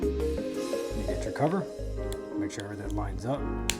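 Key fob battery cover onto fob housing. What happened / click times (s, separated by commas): Handled, not yet seated: no snap of a cover going home / none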